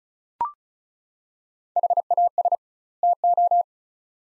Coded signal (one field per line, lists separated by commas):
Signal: Morse code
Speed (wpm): 36 wpm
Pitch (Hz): 700 Hz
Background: none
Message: HAS TO